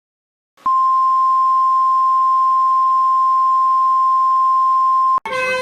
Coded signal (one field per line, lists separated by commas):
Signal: Emergency Alert System (SAME) tones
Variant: 1050 Hz attention tone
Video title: Every Country EAS Alarms That Starts With A!